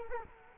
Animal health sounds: mosquito wingbeat signal from an infrared sensor; Culex quinquefasciatus

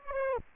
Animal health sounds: mosquito wingbeat signal from an infrared sensor; Aedes aegypti

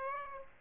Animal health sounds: mosquito wingbeat signal from an infrared sensor; Aedes aegypti

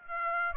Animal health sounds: mosquito wingbeat signal from an infrared sensor; Aedes aegypti

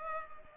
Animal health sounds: mosquito wingbeat signal from an infrared sensor; Culex pipiens

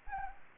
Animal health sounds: mosquito wingbeat signal from an infrared sensor; Anopheles arabiensis

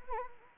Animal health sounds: mosquito wingbeat signal from an infrared sensor; Anopheles arabiensis

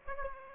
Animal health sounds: mosquito wingbeat signal from an infrared sensor; Aedes aegypti

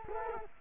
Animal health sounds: mosquito wingbeat signal from an infrared sensor; Culex quinquefasciatus

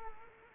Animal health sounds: mosquito wingbeat signal from an infrared sensor; Culex quinquefasciatus

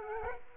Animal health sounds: mosquito wingbeat signal from an infrared sensor; Culex quinquefasciatus

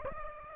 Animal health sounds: mosquito wingbeat signal from an infrared sensor; Aedes aegypti

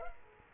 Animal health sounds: mosquito wingbeat signal from an infrared sensor; Culex quinquefasciatus

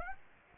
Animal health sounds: mosquito wingbeat signal from an infrared sensor; Aedes aegypti

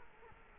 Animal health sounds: mosquito wingbeat signal from an infrared sensor; Culex quinquefasciatus

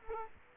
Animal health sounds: mosquito wingbeat signal from an infrared sensor; Culex quinquefasciatus

